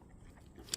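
The lock bar on a fishing bobber is pulled up to free it for depth adjustment. Over a low, steady background, a single sharp click sounds at 0.7 s. The lock bar clicks open and the bobber is released.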